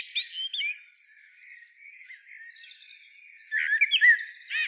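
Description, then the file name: Common blackbird with warbled phrases at the start and end, separated by a quieter stretch of faint twittering. "Turdus merula"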